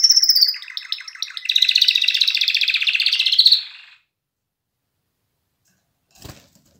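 Canary singing a fast, rich warbling trill for about four seconds, then silence with one short soft sound near the end.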